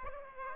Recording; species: mosquito wingbeat signal from an infrared sensor; Aedes aegypti